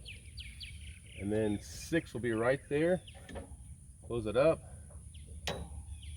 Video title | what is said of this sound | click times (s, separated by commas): Searching for sawmills episode #4, Peterson ATS swing blade in action! | until she locks in place, and we're right on the 6 mark. | 5.5 s